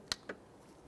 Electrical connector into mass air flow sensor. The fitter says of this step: Audible click.